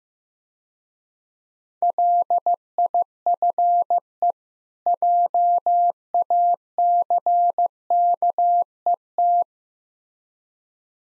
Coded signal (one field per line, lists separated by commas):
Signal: Morse code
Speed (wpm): 16 wpm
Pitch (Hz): 700 Hz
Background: none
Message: LIFE JACKET